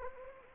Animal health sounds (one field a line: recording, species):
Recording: mosquito wingbeat signal from an infrared sensor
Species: Anopheles gambiae